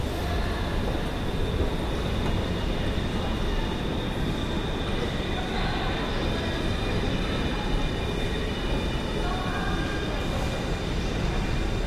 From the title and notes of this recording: Tramtunnel Den Haag. Arrivals and departures of tramcars in the Tramtunnel. Recorded as part of "The Hague Sound City" for State-X/Newforms 2010.